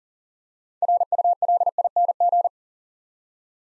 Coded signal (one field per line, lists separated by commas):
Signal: Morse code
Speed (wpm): 39 wpm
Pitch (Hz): 700 Hz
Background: none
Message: RULING